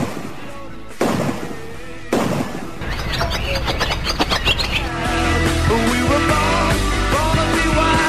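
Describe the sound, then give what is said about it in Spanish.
Two sharp bangs ring out, followed by a burst of busy, high-pitched bird chirping as the birds scatter and fly off, with a dense, loud wash of sound continuing to the end. “Ninguno, porque huyen al oír el disparo.”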